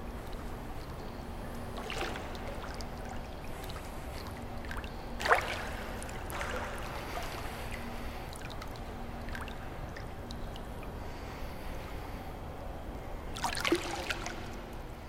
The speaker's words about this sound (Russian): Парень один плавает в бассейне.